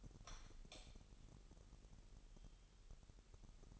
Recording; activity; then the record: daily activity, microphone in the room; light on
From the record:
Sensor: 4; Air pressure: 989.2 hPa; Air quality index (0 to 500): 220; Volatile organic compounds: 76 ppm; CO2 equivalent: 3570 ppm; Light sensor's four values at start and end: 24/80/30/30 and 27/92/34/35